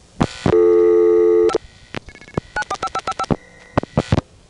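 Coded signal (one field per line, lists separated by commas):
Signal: DTMF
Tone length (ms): 40 ms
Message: 5 945555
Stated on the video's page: Narrated phone tape of New York City routings.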